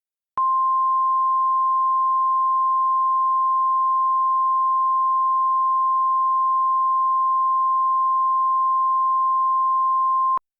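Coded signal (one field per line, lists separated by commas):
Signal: Emergency Alert System (SAME) tones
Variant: 1050 Hz attention tone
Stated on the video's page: Fictional EAS scenario; tones made with a tone-maker program.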